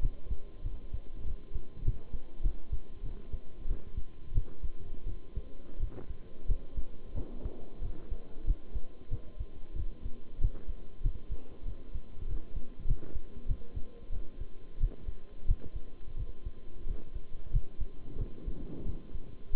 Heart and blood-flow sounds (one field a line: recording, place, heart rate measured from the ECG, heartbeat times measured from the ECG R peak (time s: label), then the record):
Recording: heart sounds by stethoscope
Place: between the tricuspid and mitral areas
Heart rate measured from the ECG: 92 bpm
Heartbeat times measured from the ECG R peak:
0.02 s: heartbeat
0.64 s: heartbeat
1.25 s: heartbeat
1.84 s: heartbeat
2.43 s: heartbeat
3.03 s: heartbeat
3.67 s: heartbeat
4.34 s: heartbeat
5.06 s: heartbeat
5.79 s: heartbeat
6.47 s: heartbeat
7.14 s: heartbeat
7.81 s: heartbeat
8.46 s: heartbeat
9.11 s: heartbeat
9.76 s: heartbeat
10.40 s: heartbeat
11.03 s: heartbeat
11.65 s: heartbeat
12.27 s: heartbeat
12.87 s: heartbeat
13.48 s: heartbeat
14.12 s: heartbeat
14.79 s: heartbeat
15.47 s: heartbeat
16.16 s: heartbeat
16.86 s: heartbeat
17.52 s: heartbeat
18.18 s: heartbeat
18.85 s: heartbeat
19.52 s: heartbeat
From the record:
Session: bicycle stress test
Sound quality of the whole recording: good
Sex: male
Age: 23 years